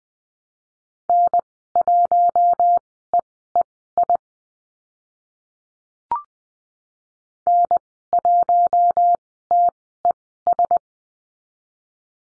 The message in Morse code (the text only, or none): N1EEI N1TES